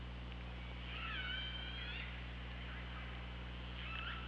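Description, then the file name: Killer whale calls: faint wavering tonal cries, partly masked by constant low hum and hiss. Recorded by OrcaLab hydrophone on 24 August 2017 at 15:23:08. "Orca Lab UTLN 20170824 152308"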